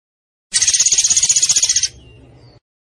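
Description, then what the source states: Zebra finch giving one loud, buzzy, high rattling burst of rapid pulses lasting over a second, followed by a faint low rustle. Master recording for training cage birds.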